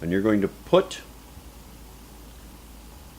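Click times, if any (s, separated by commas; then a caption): none. Someone talks briefly while a takedown lever is brought to a pistol frame fitted with a Ciener .22 conversion kit and lined up before being popped in. After the speech there is only quiet handling over low background noise, and nothing has seated or clicked yet.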